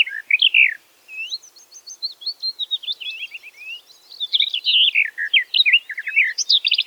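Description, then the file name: Garden warbler singing a fast, bubbling, continuous warble of varied fluty notes, after a brief pause near the start. "tuinfluiter zang"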